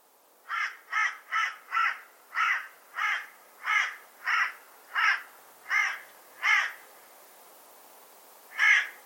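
Bird calling in a long run of about eleven harsh caws, then a pause and one last caw.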